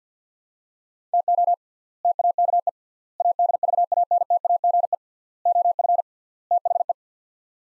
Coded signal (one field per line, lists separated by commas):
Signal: Morse code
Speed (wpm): 50 wpm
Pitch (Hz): 700 Hz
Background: none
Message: TO TAKE ADVANTAGE OF THE